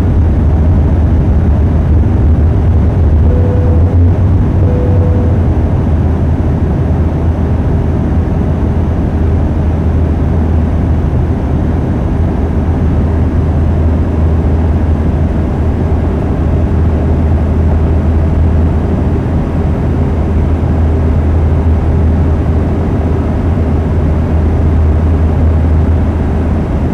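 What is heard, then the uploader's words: A steady, heavy aircraft roar during takeoff, deep and loud throughout, with a low droning hum and brief faint tonal beeps near four seconds. Takeoff At SJC.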